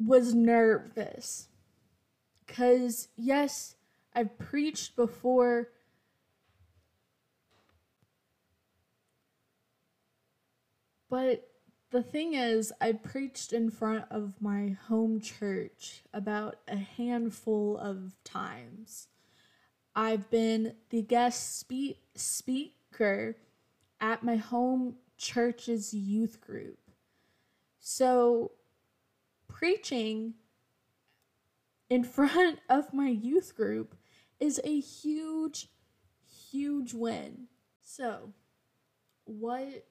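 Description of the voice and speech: Adult woman who stutters speaks with a part-word repetition on "speaker," stretched sounds and long silent blocks: stuttered speech.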